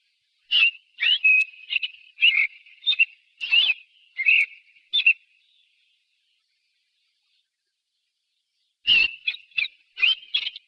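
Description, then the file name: Thrush song: bursts of short, varied whistled and chattering notes in quick succession, a pause of several seconds, then another rapid burst of similar notes. "zorzal"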